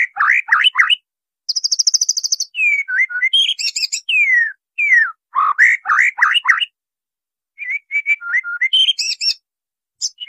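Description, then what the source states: White-rumped shama song: varied whistled slurs and warbles interrupted by a fast high rattling trill, with short pauses between phrases. Murai batu masteran, a training recording for caged birds; 'Labaik' named.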